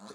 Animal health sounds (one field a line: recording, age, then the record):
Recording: pig call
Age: piglet (1 to 25 days)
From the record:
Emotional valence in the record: negative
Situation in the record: short isolation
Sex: male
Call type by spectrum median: low-frequency call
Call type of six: mixed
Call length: 0.15 s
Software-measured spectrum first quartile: 384 Hz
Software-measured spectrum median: 1036 Hz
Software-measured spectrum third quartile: 3280 Hz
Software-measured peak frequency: 428 Hz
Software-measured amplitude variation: 98 dB a second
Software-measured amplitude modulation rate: 10.0 a second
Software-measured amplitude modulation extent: 9.8 dB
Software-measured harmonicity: 2.6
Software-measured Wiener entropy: -2.47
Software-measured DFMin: 1047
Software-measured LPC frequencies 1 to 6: 1236, 4141, 6029, 6887, 8306, 10330 Hz